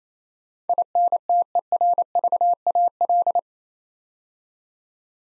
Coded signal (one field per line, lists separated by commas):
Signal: Morse code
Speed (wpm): 29 wpm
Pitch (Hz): 700 Hz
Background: none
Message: INTERVAL